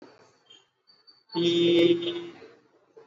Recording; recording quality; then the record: sustained vowel as in beet; excellent, no background noise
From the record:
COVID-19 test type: RT-PCR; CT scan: not taken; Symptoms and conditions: cough, cold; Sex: male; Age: 21 years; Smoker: no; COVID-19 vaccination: both doses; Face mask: worn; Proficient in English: yes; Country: India